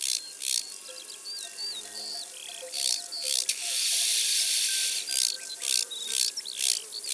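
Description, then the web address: Large banded grasshopper stridulating, with short hissy rasping bursts building to a sustained dry buzz, while birds whistle and chirp in the background. "Arcyptere bariolee. abc de la nature"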